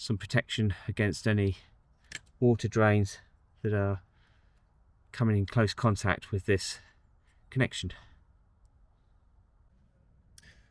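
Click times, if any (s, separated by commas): 10.4 s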